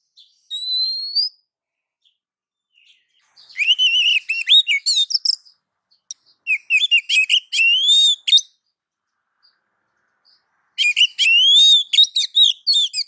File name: Suara Kicau Burung Kacer Betina Memanggil Jantan